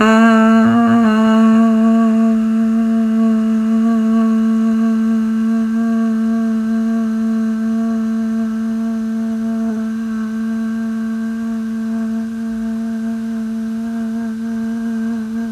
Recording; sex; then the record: sustained vowel /a/; female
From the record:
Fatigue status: no fatigue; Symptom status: asymptomatic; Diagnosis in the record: COVID-19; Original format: m4a